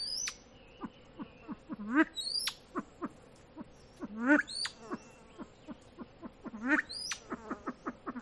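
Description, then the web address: Silver pheasant giving short clucking call notes in irregular series, with three louder harmonic calls that bend upward and thin, high, rising whistles. "lophura-nycthemera-sound"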